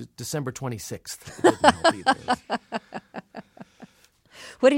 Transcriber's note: laughter